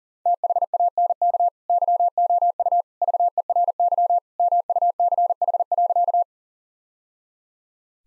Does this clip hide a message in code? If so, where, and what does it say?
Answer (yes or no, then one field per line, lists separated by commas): yes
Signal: Morse code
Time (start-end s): 0.3-6.2 s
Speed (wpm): 40 wpm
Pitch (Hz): 700 Hz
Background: none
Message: THANK YOU VERY MUCH.